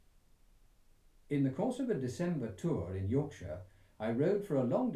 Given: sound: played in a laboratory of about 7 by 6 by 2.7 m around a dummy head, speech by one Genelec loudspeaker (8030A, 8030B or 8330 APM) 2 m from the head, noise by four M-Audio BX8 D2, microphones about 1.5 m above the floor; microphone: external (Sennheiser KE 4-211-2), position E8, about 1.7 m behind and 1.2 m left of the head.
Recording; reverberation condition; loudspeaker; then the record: male speech in English; low; 90 degrees to the left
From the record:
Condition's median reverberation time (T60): about 310 ms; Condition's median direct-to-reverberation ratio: about 3.5 dB